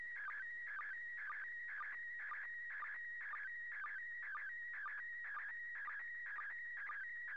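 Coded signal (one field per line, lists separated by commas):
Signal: SSTV (slow-scan television)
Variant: PD120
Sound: continuous warbling, chirping tone with a short low blip about twice a second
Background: radio static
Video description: Transmissions should be on the standard frequency of 145.800 MHz and in the PD 120 format.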